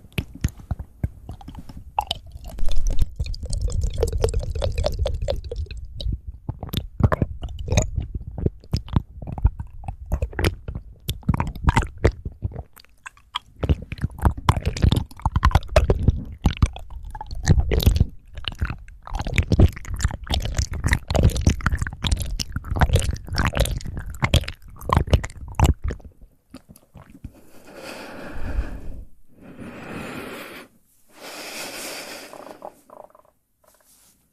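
Fast mouth sounds: rapid wet clicks, smacks and chewing-like crunches come in dense, irregular bursts for most of the clip, with a low rumble early on. Near the end, around 26 seconds, the clicking stops and a few softer, breathy rustles follow.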